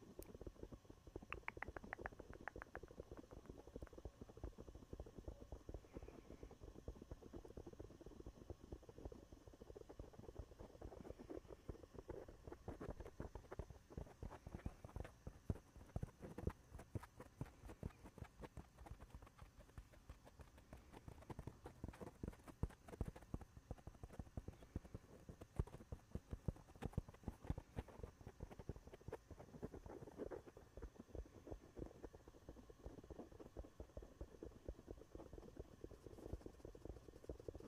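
Fingers tap and rub a microphone through fuzzy and foam covers in dense, irregular thumps and scratches, steady across the whole recording.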